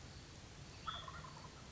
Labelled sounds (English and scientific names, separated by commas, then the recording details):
Hutton's Vireo (Vireo huttoni)
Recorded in Sonoma County, California